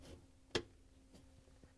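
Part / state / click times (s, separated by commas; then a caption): fine filter into dishwasher sump / seated / 0.5 s. A plastic fine filter is lowered into a GE dishwasher sump and turned until it locks in place. One sharp click sounds at 0.6 s against a quiet background, and the filter is seated.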